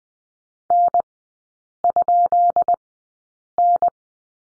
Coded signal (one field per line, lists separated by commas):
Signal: Morse code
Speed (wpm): 20 wpm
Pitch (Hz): 700 Hz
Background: none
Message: N?N